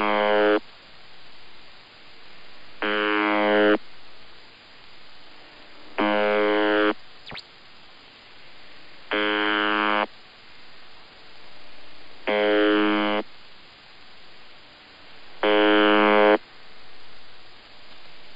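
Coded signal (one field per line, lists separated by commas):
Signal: channel marker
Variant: UVB-76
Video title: UVB-76 21/12/2023 Normal Channel Marker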